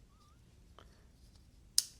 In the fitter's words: a little can opener that locks into place